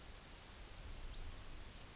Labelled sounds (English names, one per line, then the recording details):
Yellowhammer song
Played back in grassland
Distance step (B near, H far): D
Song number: 015